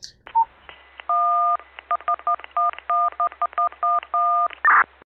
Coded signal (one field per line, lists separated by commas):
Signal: DTMF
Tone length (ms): 120 ms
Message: 11111111111